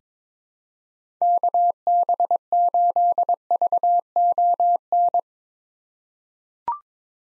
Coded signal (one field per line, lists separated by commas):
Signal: Morse code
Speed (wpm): 21 wpm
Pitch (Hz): 700 Hz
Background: none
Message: KB8VON